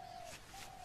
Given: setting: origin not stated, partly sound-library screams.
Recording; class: one-second piece from a danger detection set; normal situation